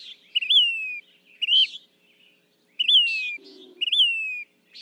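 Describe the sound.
Say's phoebe giving slurred, descending whistled calls, each sliding down after a quick rise, mixed with brief buzzy notes; one low muffled sound midway.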